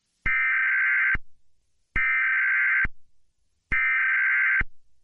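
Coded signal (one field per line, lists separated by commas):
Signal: Emergency Alert System (SAME) tones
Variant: header bursts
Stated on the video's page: Simulated EAS scenario.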